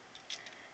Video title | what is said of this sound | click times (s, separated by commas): dotm megatron | you want to do with the hands is fold them up just just fold them up don't want don't have to do much click that into place | 0.3 s